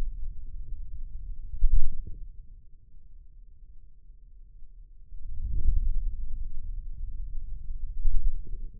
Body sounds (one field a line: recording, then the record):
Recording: forearm muscle sounds (acoustic myography)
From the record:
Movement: wrist flexion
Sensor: system 2, bracelet of six BSWA MPA416 microphones around the upper forearm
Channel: 4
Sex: male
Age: 22 years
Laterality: right